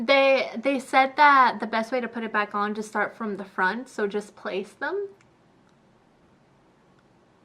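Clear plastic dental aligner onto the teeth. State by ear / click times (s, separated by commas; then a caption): not seated / none. A clear plastic dental aligner is lined up and placed over the teeth, starting from the front. Someone talks for about the first five seconds, then there is near silence. Nothing has snapped into place yet.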